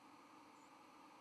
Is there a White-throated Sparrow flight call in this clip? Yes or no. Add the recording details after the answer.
yes. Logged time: 07:55 on 31 October 2014